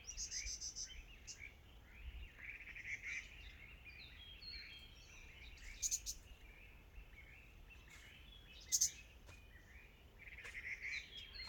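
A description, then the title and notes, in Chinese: Forest ambience of busy, overlapping bird chirps and trills over a low steady hiss, with sharp bright clicks near six and nine seconds. 懶山林環境音。早晨。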